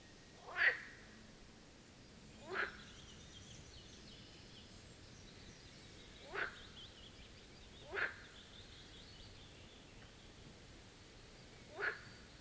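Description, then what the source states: Marsh frog giving single short rasping croaks, spaced roughly every one to four seconds, over a quiet steady background hiss. Chorus of marsh frogs at the Birkensee, Schönbuch, Germany, on one of the first proper hot summer days of 2023.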